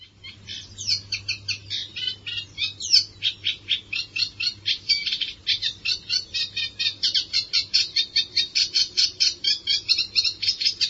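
Bird calls: busy high chattering notes tumbling quickly one after another, with a few sharper squawk-like notes, over a soft low hum.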